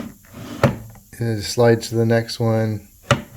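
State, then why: Seated. A fret slotting template on a fret slotting jig is slid along to the next slot in its metal indexing rail while someone talks, with a sharp knock at 0.6 s. Its indexing pin snaps into the metal slot with a click at 3.1 s, seating it so it doesn't move about.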